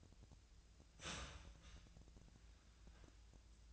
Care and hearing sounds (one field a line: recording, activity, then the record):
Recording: daily activity, microphone in the room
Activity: start toaster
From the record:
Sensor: 2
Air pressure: 1009.2 hPa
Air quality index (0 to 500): 187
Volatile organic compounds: 12 ppm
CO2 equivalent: 2324 ppm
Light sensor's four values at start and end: 23/58/24/27 and 23/58/24/27